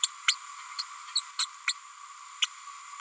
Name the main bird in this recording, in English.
Green-rumped Parrotlet